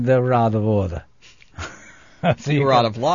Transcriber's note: laughs